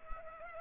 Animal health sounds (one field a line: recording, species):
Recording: mosquito wingbeat signal from an infrared sensor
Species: Culex pipiens